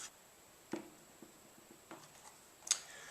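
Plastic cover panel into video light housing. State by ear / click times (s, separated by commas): seated / 2.7 s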